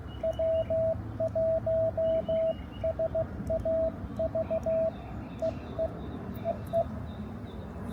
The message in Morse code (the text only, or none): W1SAV EE EE